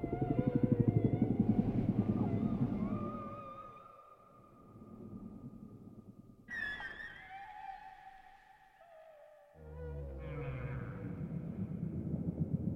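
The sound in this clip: Whale song: drawn-out tonal moans with abrupt changes in sound, over a low rumbling background.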